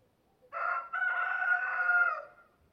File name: Rooster Sound